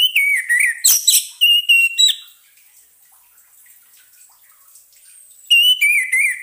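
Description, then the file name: Orange-headed thrush song: loud bursts of rich, slurred whistles with quick jumps in pitch, a pause of about three seconds, then a fresh whistled phrase. Used as a lure sound, intended to keep the bird from becoming stressed. "suara pancingan burung anis merah agar tidak stress"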